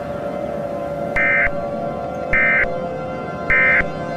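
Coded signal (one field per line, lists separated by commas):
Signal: Emergency Alert System (SAME) tones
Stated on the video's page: Fictional mini EAS scenario about the sun exploding.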